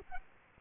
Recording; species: mosquito wingbeat signal from an infrared sensor; Culex quinquefasciatus